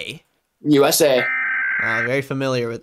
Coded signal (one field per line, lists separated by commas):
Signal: Emergency Alert System (SAME) tones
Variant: header bursts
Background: speech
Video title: Which Country Has The Best Emergency Alert? w/ Hivemind Riley